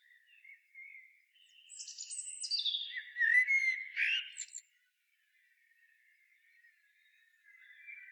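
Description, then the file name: Common blackbird giving a soft warble that swells into a louder squeaky twitter, followed by a long, faint, quiet tail. "Turdus merula"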